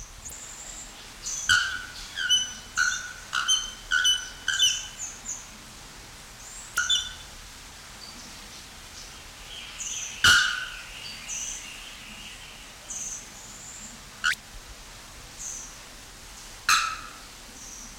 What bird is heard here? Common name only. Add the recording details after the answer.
Bare-throated Bellbird. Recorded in captivity. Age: adult. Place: Zoo Berlin, Berlin, DE. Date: 1993-06-05 10:34. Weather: 20-25 °C, sonnig. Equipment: Marantz CP 430, Sennheiser ME 80, Kopie Uher Variocord 263. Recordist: Tembrock, Günter. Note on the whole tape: Rufreihen